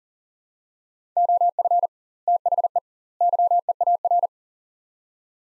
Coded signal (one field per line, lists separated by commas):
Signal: Morse code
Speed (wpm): 40 wpm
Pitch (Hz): 700 Hz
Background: none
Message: OF THE YEAR